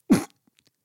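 A single short, muffled burst of breathy noise, about a fifth of a second long, followed by a few faint clicks: an adult imitating their own stifled sneeze, internalised and swallowed rather than released as a loud sneeze.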